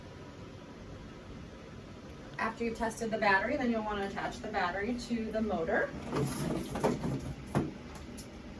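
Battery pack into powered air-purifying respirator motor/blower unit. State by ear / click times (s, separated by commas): seated / 7.5 s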